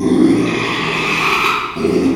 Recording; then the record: squeal of a Yucatan mini pig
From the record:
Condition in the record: after surgery on the right vocal fold (resection and tissue-engineered implant); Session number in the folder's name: 1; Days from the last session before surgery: 6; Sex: male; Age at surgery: 12 weeks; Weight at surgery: 13 kg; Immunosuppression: cyclosporine, prednisolone